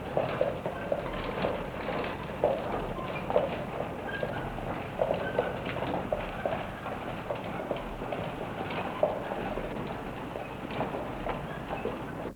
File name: Horse and Wagon Pass By Hard Road